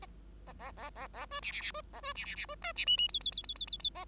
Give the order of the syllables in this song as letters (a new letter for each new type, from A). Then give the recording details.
A A A A A B C C C B A B C C C B D C E E F F F F F F F A. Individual Bird5